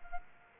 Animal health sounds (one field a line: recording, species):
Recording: mosquito wingbeat signal from an infrared sensor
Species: Culex quinquefasciatus